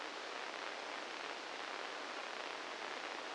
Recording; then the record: brain microelectrode recording played as sound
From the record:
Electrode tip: inside the subthalamic nucleus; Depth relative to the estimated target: 1 mm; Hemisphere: left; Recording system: NeuroSet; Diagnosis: Parkinson's disease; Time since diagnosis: 9 years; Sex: male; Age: 61 years